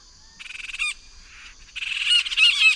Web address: Natures Songs S America Eastern Lowlands. Melanerpes cruentatus, group calls